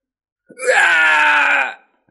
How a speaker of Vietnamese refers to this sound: Tiếng gào thét xé lồng truyền ra, có người gặp nạn hóa thành tro bụi, vĩnh viễn xóa tên khỏi thế gian.